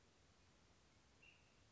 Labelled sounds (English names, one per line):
Ash-throated Flycatcher